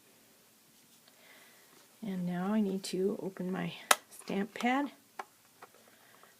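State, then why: Seated. Someone talks, then flips open the hinged lid of a plastic ink stamp pad case and slides it until it clicks and locks in the open position. A sharp tick is heard at 5.2 s as the lid seats, followed by a fainter tap.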